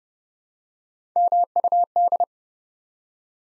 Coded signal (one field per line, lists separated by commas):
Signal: Morse code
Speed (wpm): 30 wpm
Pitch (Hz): 700 Hz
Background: none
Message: MUD